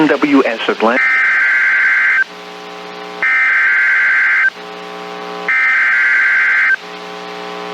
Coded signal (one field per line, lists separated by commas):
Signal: Emergency Alert System (SAME) tones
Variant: header bursts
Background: speech